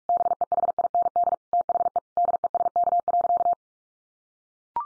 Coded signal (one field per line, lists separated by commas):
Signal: Morse code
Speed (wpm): 44 wpm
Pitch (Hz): 700 Hz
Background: none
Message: BEHIND THE DESK.